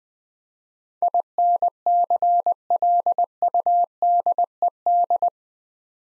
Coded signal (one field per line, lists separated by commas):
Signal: Morse code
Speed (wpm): 20 wpm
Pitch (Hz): 700 Hz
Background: none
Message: INCLUDED